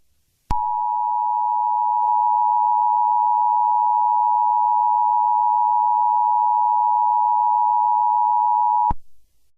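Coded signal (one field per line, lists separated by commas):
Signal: Emergency Alert System (SAME) tones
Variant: 853 and 960 Hz attention tone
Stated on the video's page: Fictional EAS scenario, simulated alert.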